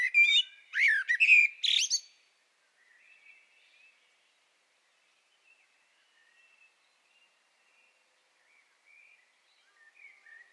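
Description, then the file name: Blackbird song phrase: a quick fluty warble with squeaky high notes in the first two seconds, followed by very faint warbling. "Turdus merula"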